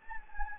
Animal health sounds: mosquito wingbeat signal from an infrared sensor; Anopheles gambiae

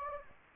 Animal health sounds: mosquito wingbeat signal from an infrared sensor; Anopheles gambiae

